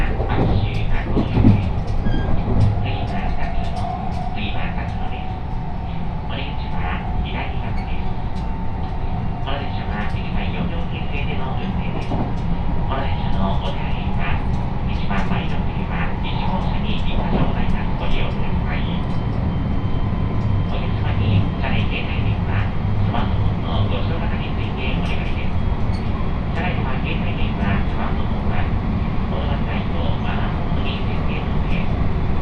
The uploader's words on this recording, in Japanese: 山陽本線・赤穂線 姫路→播州赤穂。まだ5時台の電車ですが早起きして乗車します。播州赤穂行きの列車は223系の4両編成。